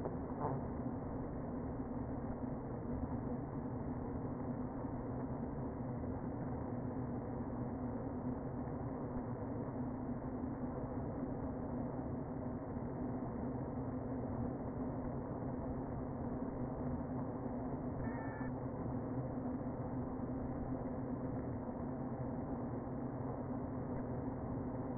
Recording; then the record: honeybee colony, microphone inside the hive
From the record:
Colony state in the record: queen present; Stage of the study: before two queens were removed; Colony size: about 60,000 bees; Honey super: yes